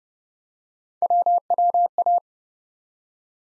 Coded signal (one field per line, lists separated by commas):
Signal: Morse code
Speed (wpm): 30 wpm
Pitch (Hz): 700 Hz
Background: none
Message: WWA